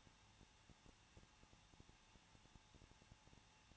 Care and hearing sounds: daily activity, microphone in the room; no activity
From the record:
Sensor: 1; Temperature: 20.1 degrees Celsius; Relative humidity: 39.1%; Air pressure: 1006.3 hPa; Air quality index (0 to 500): 217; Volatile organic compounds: 76 ppm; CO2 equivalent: 3570 ppm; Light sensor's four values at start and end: 1/2/1/1 and 1/2/1/1

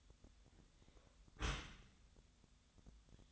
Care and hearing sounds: daily activity, microphone in the room; close dishwasher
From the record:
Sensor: 3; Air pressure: 1004.6 hPa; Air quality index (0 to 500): 109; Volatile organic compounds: 5 ppm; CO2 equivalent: 1719 ppm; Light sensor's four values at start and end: 7/17/7/6 and 7/17/7/6

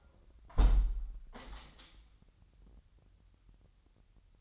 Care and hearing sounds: daily activity, microphone in the room; close window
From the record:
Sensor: 3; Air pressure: 998.0 hPa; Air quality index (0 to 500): 143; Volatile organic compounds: 5 ppm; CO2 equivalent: 1713 ppm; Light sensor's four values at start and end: 14/40/16/15 and 14/41/16/15

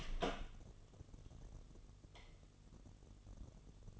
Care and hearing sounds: daily activity, microphone in the room; open door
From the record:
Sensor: 4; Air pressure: 1016.1 hPa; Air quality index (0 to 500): 206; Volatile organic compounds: 12 ppm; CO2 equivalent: 2354 ppm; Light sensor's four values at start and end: 9/20/8/7 and 9/20/8/7

